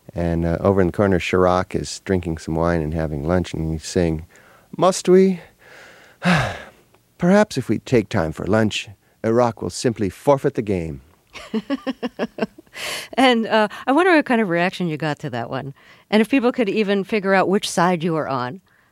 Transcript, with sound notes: And over in the corner Chirac is drinking some wine and having lunch, and he's saying, `Must we? (Sighs) Perhaps if we take time for lunch, Iraq will simply forfeit the game.'
And I wonder what kind of reaction you got to that one, and if people could even figure out which side you were on.